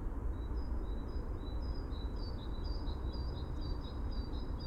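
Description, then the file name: Dunnock calling with a continuous string of fine, high-pitched notes stepping back and forth between two levels, against steady low background noise. "Prunella modularis - Dunnock"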